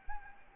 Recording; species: mosquito wingbeat signal from an infrared sensor; Anopheles gambiae